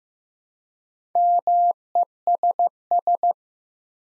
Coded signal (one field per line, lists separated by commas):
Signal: Morse code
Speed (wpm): 15 wpm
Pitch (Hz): 700 Hz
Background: none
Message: MESS